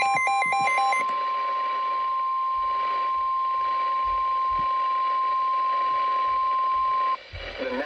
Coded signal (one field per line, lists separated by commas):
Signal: Emergency Alert System (SAME) tones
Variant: 1050 Hz attention tone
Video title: New Radio! - EAS Compilation #8 (Alerts 58-66)